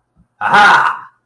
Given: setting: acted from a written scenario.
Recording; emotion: vocal sound without words; pride